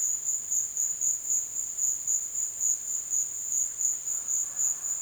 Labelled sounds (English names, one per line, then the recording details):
none
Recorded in dense forest near Puerto Asís, Putumayo, Colombia, on 22 June 2025 at 14:30
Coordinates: 0.484, -76.325
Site H65